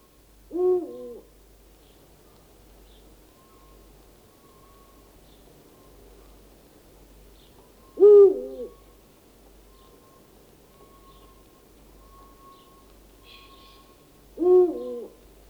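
A Eurasian eagle-owl hoots three times, each call a deep, wavering hoot spaced about seven seconds apart, with only a faint low rumble and soft chirps filling the quiet between them.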